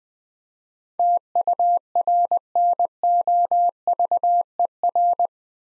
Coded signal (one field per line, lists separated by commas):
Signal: Morse code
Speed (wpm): 20 wpm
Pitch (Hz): 700 Hz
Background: none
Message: TURNOVER